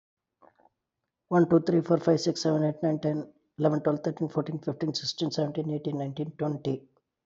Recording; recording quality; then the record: counting at a fast pace; excellent, no background noise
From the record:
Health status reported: respiratory illness, not identified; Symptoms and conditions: asthma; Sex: male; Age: 45 years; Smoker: not ticked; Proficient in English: yes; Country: India